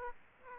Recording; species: mosquito wingbeat signal from an infrared sensor; Aedes aegypti